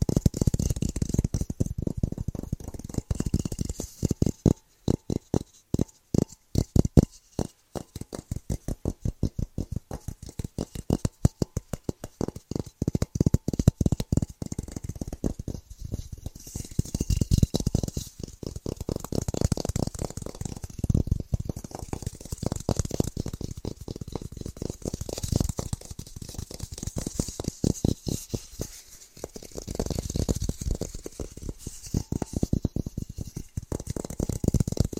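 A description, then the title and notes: Fast, rhythmic tapping fills the recording, a dense run of quick taps with a soft, thudding low body and a faint airy hiss above. Around five to eight seconds the taps grow sparser and more separated before the steady, rapid flurry returns. ASMR Fast & Rhythmic Tapping Christmas Edition No Talking.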